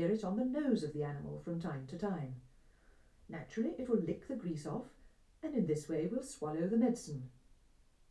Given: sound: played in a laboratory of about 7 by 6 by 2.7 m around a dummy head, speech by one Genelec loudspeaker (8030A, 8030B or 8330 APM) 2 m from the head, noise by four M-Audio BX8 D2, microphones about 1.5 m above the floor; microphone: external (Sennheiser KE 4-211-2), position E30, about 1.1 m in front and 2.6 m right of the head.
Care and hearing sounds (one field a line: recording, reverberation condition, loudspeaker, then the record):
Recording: female speech in English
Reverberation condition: low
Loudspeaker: 120 degrees to the right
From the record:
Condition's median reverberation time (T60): about 310 ms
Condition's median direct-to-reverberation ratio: about 3.5 dB